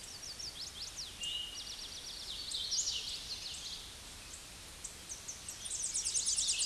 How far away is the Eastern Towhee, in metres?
about 65 m